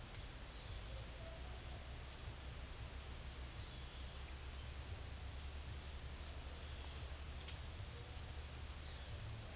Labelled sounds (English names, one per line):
none